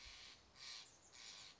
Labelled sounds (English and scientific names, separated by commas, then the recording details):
Steller's Jay (Cyanocitta stelleri)
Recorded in Sonoma County, California